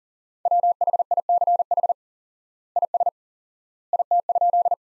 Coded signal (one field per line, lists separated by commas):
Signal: Morse code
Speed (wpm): 40 wpm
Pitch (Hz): 700 Hz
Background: none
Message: WHICH IS IT?